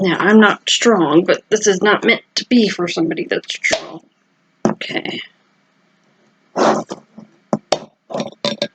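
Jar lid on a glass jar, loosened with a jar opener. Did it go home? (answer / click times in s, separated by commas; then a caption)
released / 7.7 s. Someone talks while a cheap jar opener tool is used to twist the lid off a sealed glass jar. After a pause and more talking, the vacuum seal releases with a sharp pop at 7.7 s amid a few other short clicks, and the lid comes loose.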